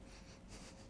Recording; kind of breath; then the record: one breath in and out by a microphone near the nose and mouth; strong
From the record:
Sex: male